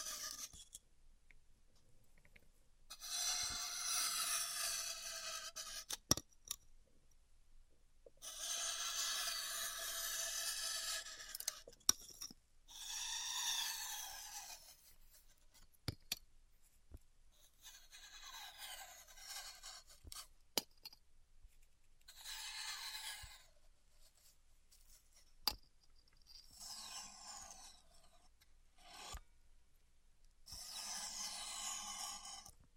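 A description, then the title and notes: Styrofoam being heat cut, heard as bursts of hissing, crackling scrape lasting a few seconds each, with quiet gaps between them. About eight passes come through, bright and gritty with a squeaky edge, and sharp clicks and ticks fall in the silences. ASMR Styrofoam Heat Cutting (No Talking).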